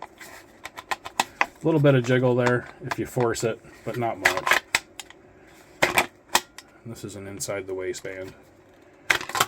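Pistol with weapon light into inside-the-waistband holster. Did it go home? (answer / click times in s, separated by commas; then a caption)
yes / 9.1 s. A Fusion XP Pro 2011 pistol that takes Glock magazines, with a mounted weapon light, has only a little jiggle when forced and is pushed into an inside-the-waistband holster while someone talks. Scattered sharp handling clicks and knocks sound throughout. The holster's retention gives a sharp positive click at 9.1 s as the pistol seats.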